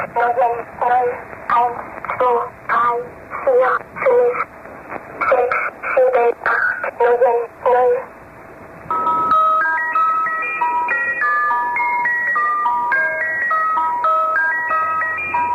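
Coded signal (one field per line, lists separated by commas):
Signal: numbers station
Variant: Swedish Rhapsody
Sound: about eight seconds of short, evenly spaced spoken words, then a tinkling music-box melody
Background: radio static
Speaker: Et on va écouter à présent un extrait de la Number Station nommé Swedish Rhapsody, dont la voix d'enfant est particulièrement dérangeante. Ça dure 47 secondes.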